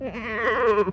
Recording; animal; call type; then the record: contact call of a hoofed animal; goat; low-frequency (closed-mouth) or high-frequency (open-mouth) call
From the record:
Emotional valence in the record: negative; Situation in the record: short social isolation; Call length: 0.92 s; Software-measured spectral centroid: 1440 Hz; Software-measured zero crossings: 1820 a second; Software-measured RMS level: -23 dBFS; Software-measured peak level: -13 dBFS